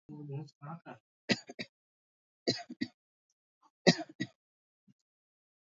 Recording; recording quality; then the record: shallow voluntary cough; moderate, slight background noise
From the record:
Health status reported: healthy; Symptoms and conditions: hypertension, diabetes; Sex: male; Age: 52 years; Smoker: not ticked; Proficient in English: yes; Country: India